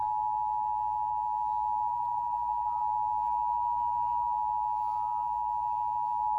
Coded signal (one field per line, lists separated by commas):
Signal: Emergency Alert System (SAME) tones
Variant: 853 and 960 Hz attention tone